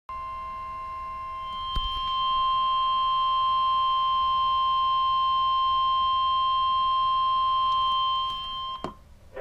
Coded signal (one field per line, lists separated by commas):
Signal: Emergency Alert System (SAME) tones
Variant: 1050 Hz attention tone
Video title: Severe Thunderstorm Watch #273 (EAS #414)